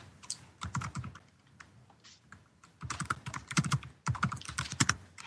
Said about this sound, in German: Wer tippt denn da so laut? Wer vergewaltigt da gerade seine Tastatur? Irgendjemand macht es nicht auf Papier. Das könnte ich sein.